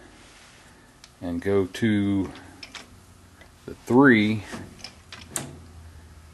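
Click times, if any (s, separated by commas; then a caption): none. Someone talks while trying to close a lathe half-nut lever onto the leadscrew at thread-dial mark three, with a few light metallic knocks and ticks between the words. The half nuts do not lock in at that position and fail to engage, so nothing has seated or clicked yet.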